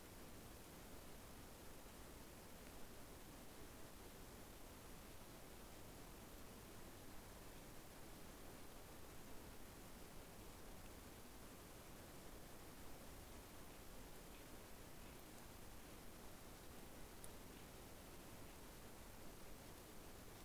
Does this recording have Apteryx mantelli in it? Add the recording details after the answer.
no. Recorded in New Zealand on 12 February 2013. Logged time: 22:59. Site DH65